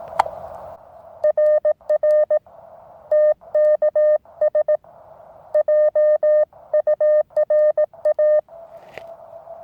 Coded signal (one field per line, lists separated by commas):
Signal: Morse code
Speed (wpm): 18 wpm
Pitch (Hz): 590 Hz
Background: none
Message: RR TKS JURA